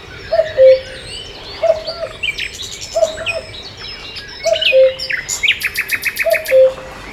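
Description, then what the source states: Cuckoo calling its two-note low cu-coo five times, with higher chirps and trills of other birds. At a lake.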